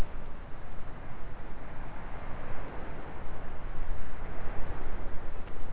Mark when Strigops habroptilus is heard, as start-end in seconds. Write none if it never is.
none